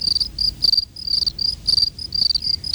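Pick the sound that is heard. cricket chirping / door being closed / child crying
cricket chirping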